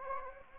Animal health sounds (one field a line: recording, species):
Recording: mosquito wingbeat signal from an infrared sensor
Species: Anopheles gambiae